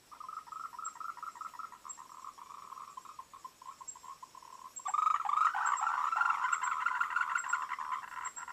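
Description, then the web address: Frogs give quick pulsed croaks in steady runs, then a fuller, louder chorus swells in about halfway through. "voice cam frogs"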